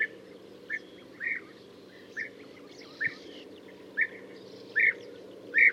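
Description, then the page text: European bee-eater giving short, trilled calls at uneven intervals, growing louder toward the end, over a low hum. "Пение птиц - Золотистая щурка"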